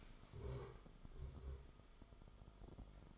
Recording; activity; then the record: daily activity, microphone in the room; stand up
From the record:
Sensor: 5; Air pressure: 1005.2 hPa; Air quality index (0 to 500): 105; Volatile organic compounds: 2 ppm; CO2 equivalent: 1291 ppm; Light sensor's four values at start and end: 34/79/32/30 and 34/79/32/30